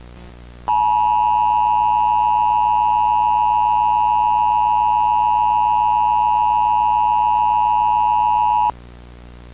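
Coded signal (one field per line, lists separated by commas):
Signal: Emergency Alert System (SAME) tones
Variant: 853 and 960 Hz attention tone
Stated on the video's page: Fictional mock EAS alert made with a U-verse EAS template, set in Little Rock, Arkansas; contains valid SAME tones.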